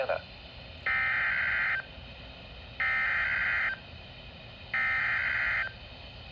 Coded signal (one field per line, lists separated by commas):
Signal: Emergency Alert System (SAME) tones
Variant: header bursts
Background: speech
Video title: Severe Thunderstorm Warning On NOAA Radio EAS #612 7-4-2026